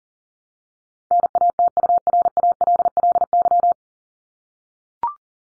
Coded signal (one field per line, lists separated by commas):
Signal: Morse code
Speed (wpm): 40 wpm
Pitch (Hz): 700 Hz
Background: none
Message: NATURALLY